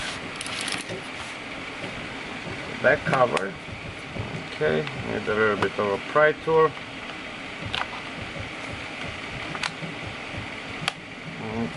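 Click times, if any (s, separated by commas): 7.8 s, 9.6 s, 10.9 s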